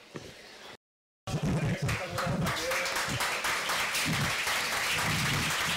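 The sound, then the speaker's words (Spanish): An audience bursts into sustained applause after a brief moment of silence, many hands clapping in a dense, steady crackle that stays loud until the end. “Y continuamos con el aplauso.”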